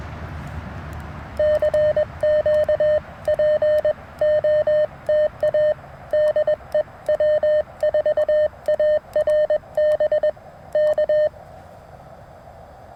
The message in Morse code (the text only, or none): CQ POTA DE W4ARB K